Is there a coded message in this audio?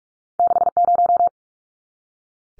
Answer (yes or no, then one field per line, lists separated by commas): yes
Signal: Morse code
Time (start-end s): 0.4-1.3 s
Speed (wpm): 44 wpm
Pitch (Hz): 700 Hz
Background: none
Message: 60